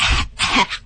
'Reverse-sneezing' is common among dogs - but sometimes it'll send the guardian running to the hospital. A very short while, even up to a couple minutes. But it really isn't a cough. It's more of this kind of snorting sound.